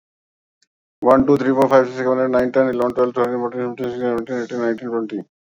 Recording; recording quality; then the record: counting at a fast pace; excellent, no background noise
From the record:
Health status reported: exposed to COVID-19, no respiratory illness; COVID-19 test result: not tested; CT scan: not taken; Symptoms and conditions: cold, fatigue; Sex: male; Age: 51 years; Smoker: no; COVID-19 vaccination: both doses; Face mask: worn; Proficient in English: yes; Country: India